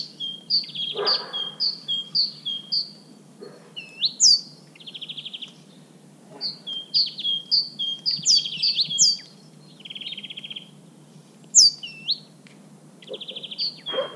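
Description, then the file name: Great tit calls: repeated two-note high-low phrases and short buzzy churring bursts, in several runs with brief pauses. "Parus major"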